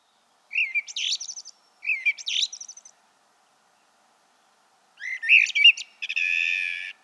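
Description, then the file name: Common blackbird makes three scratchy twittering phrases with a rough buzzy note at the end, separated by silences. "Turdus merula"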